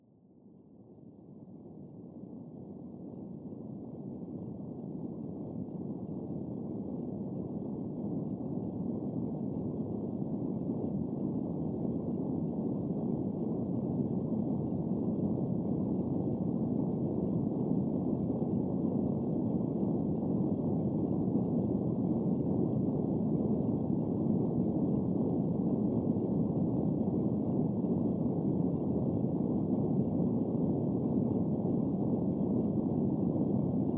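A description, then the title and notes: A spaceship ambience fades in over the first few seconds, then settles into a steady, dense low rumble with a faint high hiss. Immersive Spaceships ambience sounds. Sound-designed and edited by Vlad O.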